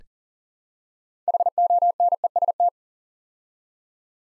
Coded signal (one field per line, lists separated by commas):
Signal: Morse code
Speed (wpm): 42 wpm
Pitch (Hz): 700 Hz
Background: none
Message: HONEST